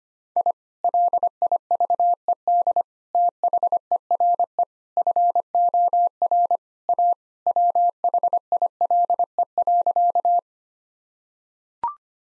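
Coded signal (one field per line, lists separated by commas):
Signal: Morse code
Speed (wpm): 25 wpm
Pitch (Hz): 700 Hz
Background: none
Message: I LIVED THERE FOR A WHILE.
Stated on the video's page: 25 wpm Morse practice of sentences built from common three-word phrases, for head copy.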